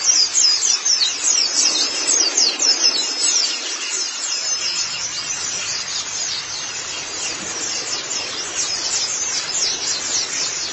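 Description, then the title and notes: White-eye song: rapid high twitters, loudest in the first seconds, then a softer, steady stream of thin chirping notes. Long-duration recording of the chirping song. "Kicauan Burung Pleci Durasi Panjang. Suara kicauan burung pleci"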